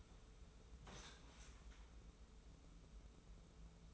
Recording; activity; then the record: daily activity, microphone in the room; sit down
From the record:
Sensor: 1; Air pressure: 994.5 hPa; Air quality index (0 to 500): 220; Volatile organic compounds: 1000 ppm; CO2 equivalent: 7897 ppm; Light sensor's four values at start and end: 132/299/134/147 and 133/303/136/149